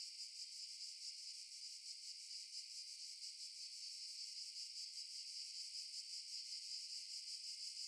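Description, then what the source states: Cicada giving a constant shrill buzz that pulses rapidly and evenly from start to finish, with nothing else heard. In underbrush.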